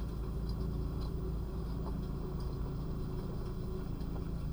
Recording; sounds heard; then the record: poultry house recording; sick chickens (respiratory disease)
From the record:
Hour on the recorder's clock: 3